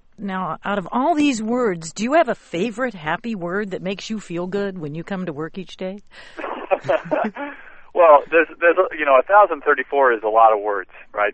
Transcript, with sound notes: "Now, out of all these words, do you have a favorite happy word that makes you feel good when you come to work each day?" [Laughs]
a thousand thirty-four is a lot of words, right?